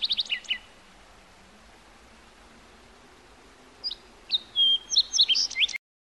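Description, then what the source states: Bird song, a short burst of quick high chirps, a long quiet gap, then a louder run of varied whistled and trilled notes before an abrupt cut. Heard in the morning.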